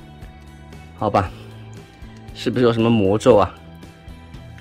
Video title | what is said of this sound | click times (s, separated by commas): 變形金剛分享時間1382集 日版 泰坦回歸 獅王柯博文 獅王擎天柱 TAKARA TRANSFORMERS LEGENDS LG41 LEO PRIME | 最简单的一步居然扣不上去。 | none